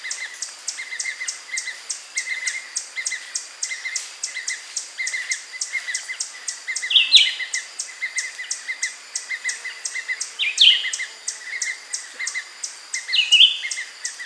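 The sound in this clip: Bird calls: rapid, evenly spaced high ticks and lower short chirps in bursts, with three louder buzzy notes breaking in from the middle onward.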